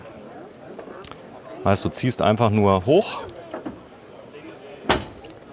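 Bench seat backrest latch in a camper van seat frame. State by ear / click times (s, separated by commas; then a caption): seated / 4.9 s. Someone talks while the backrest of the bench seat in a 2024 Etrusco UC 5.0 XR camper van is folded back up and pulled into position. At 4.9 s its latch on the steel substructure engages with one loud, sharp click, and the backrest is seated.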